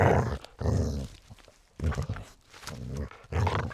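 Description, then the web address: Border collie snarling: deep, rumbling growls in five heavy bursts, each breaking into rough, breathy snarls, with short pauses between. "soundpool geraeusche natur-tiere hunde"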